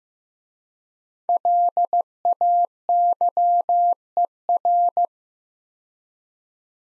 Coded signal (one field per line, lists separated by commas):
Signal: Morse code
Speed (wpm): 15 wpm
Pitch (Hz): 700 Hz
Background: none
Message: LAYER